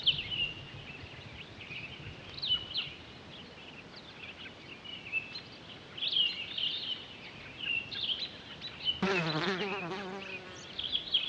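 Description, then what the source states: Townsend's solitaire giving a continuous high warbled song, with a harsh, buzzy sound breaking in near the end. On 23 October 2011.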